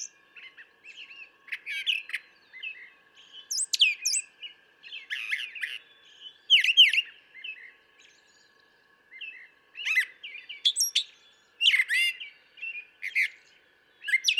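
Brown thrasher song: a long string of varied, short phrases, whistles, harsh chirps and slurs, each group separated by brief pauses, over a faint steady tone.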